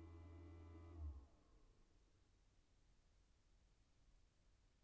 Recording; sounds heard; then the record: poultry house recording; no chicken sound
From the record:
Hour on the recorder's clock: 21